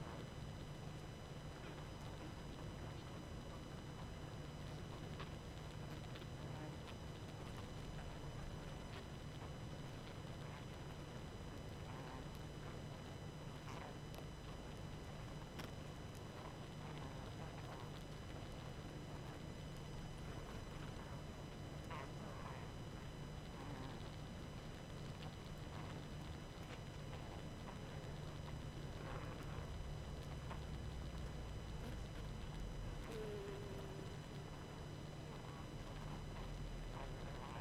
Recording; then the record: honeybee colony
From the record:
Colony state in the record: active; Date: 12 June 2018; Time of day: 21:28